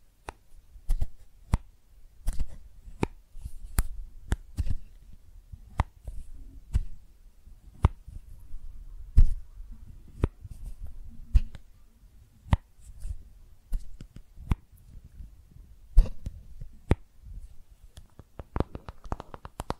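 Makeup tapping and scratching: sharp taps land every half second or so, some in quick pairs, over soft low scratching and rubbing. The taps thin out midway, then a denser run of light, bright clicks picks up near the end.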